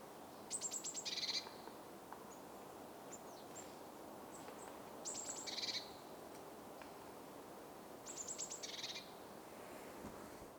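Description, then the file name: Eurasian blue tit giving three calls, each a run of very high thin notes dropping into a scratchy buzzing trill, spaced several seconds apart, with faint wisps of other chirps between. "Cyanistes caeruleus"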